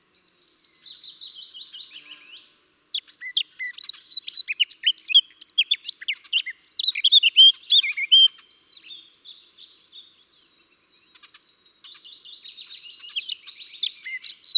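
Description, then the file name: Eurasian blackcap song: soft twittering opens, then a loud, rapid, varied warbling burst, a pause, and quiet twittering that swells into louder notes at the end. "Sylvia atricapilla"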